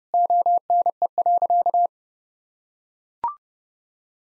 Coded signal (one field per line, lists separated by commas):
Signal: Morse code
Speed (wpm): 30 wpm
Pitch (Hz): 700 Hz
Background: none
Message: ONE.